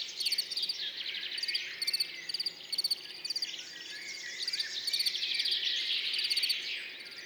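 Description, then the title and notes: Field cricket chirping in pulsed bursts at irregular intervals, bright and high-pitched, with a busy chorus of songbirds twittering underneath. Montagne du Puy, 10 June 2019, morning after a mild night; cricket singing continuously, birds waking behind; stereo recording on a Nagra recorder with MKH40 microphone. "Montagne du Puy. le grillon champêtre"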